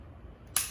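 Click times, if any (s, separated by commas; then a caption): 0.6 s. A metal cross-bolt safety button in the receiver of an inert pump-action shotgun is pressed while being toggled between on and off. After a stretch of quiet low hum, a single sharp, bright click is heard at 0.6 s, and the button seats firmly in its detent with a positive click and a visual colour indicator.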